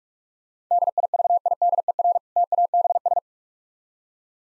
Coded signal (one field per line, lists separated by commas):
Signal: Morse code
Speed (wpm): 45 wpm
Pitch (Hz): 700 Hz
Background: none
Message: DIVIDER TABS